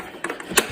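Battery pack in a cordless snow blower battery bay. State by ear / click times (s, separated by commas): released / 0.6 s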